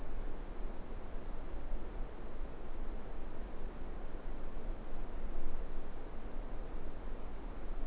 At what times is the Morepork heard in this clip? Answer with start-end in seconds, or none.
none